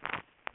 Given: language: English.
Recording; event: throat vibration sensor signal played as sound; swallow